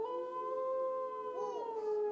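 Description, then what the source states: Gray wolf howling: a long, steady tone with rich harmonics, and a second voice briefly rising and falling toward the end. Gray wolves howling, played to an audience as a listening quiz.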